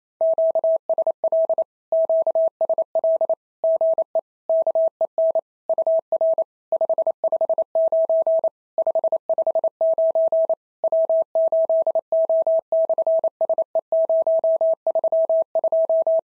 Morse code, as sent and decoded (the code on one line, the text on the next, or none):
--.- ... .-.. / --.- ... .-.. / --. . / -.- . -. / ..- .-. / ..... ..... ----. / ..... ..... ----. / .-- ---.. --- -..-. ... . ----- ...-- ..---
QSL QSL GE KEN UR 559 559 W8O/SE032